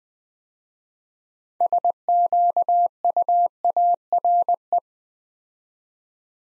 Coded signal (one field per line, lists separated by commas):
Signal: Morse code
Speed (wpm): 20 wpm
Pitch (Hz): 700 Hz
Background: none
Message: SQUARE